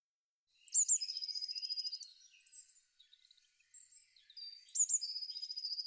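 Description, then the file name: Eurasian blue tit song: thin high introductory notes then a fast, tinkling trill, repeated after a pause with soft twittering between. "pimpelmees"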